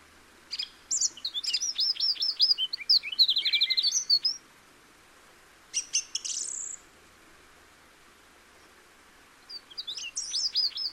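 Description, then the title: Song thrush delivering a long rapid run of high chirping notes for about four seconds, then a short burst and another brief phrase. Recorded in the Peak District during lockdown; described as the longest unbroken song ever heard from a thrush. "Thrush and wren, Peak District"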